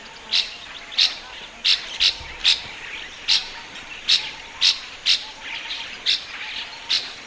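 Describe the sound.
Spot-winged starling calls: sharp, high chirps repeated roughly every half second to second, steady and clear over a faint hiss.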